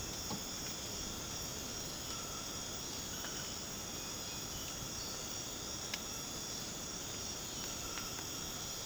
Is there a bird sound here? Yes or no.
no